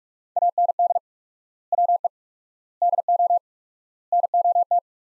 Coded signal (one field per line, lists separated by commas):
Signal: Morse code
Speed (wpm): 46 wpm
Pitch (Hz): 700 Hz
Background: none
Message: AND WE DO NOT